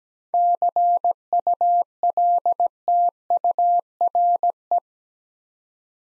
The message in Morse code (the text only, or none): CULTURE